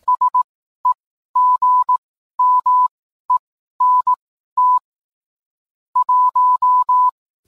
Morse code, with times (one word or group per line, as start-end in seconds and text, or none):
0.1-4.8 SEGMENT
6.0-7.1 1